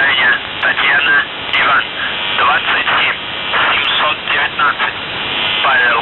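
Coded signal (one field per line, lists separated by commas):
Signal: numbers station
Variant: UVB-76, Russian voice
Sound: a voice reading short words through heavy shortwave static and hiss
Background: radio static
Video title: The Buzzer/UVB-76(4625Khz) May 1st, 2023 12:54UTC Voice message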